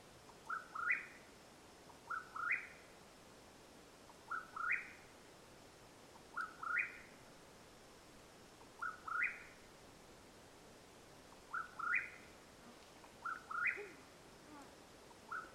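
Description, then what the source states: Mexican whip-poor-will steadily repeating a short burry rising whistle, about eight phrases spaced roughly two seconds apart, against quiet night background. Calling at nightfall in Madera Canyon, Arizona, USA, 21 April 2022.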